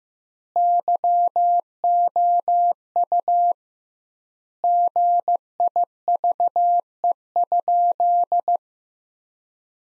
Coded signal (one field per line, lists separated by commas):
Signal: Morse code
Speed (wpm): 15 wpm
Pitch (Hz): 700 Hz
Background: none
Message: YOU GIVE?